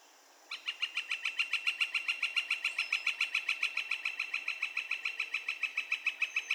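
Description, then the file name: Northern flicker's rapid, regular string of loud, clipped notes begins after half a second and continues without a break to the end. Calls; recorded 2 May 2020. "2020-05-02 Northern Flicker- Calls"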